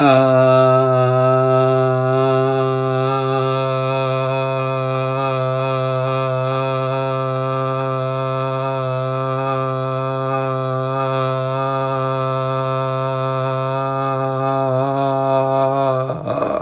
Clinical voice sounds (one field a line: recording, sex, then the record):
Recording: sustained vowel /a/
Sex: male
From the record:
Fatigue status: no fatigue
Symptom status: asymptomatic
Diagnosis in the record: COVID-19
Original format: m4a